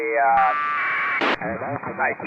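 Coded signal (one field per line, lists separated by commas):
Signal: packet radio (AX.25, as in APRS)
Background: speech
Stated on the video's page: 20 meter amateur radio operation on a Flex radio.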